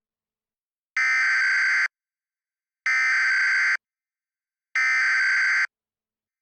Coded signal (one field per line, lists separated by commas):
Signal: Emergency Alert System (SAME) tones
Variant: header bursts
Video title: EAS Scenario: Fear The Wind and Spores October Says Goodbye Part 2: FIrestorm (LAST VIDEO FOR 2024)